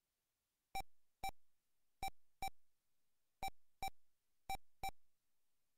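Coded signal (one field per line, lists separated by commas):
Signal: none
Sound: video game music beeps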